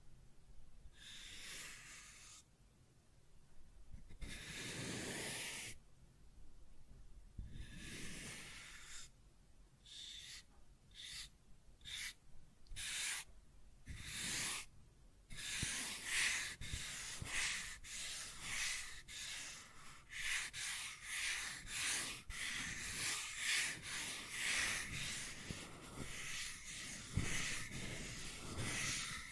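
Scratching and tracing sounds, starting as a few long, hissy strokes separated by short pauses. Around the middle the strokes turn short and quick, then merge into a dense, continuous bright scratching with occasional faint squeaks until the end.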